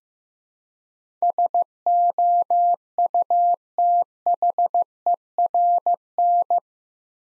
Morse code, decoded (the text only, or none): SOUTHERN